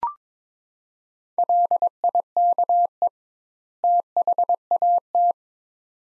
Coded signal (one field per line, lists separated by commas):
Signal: Morse code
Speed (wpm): 22 wpm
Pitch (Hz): 700 Hz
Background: none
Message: LIKE THAT